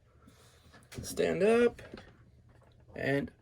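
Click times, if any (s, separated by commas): none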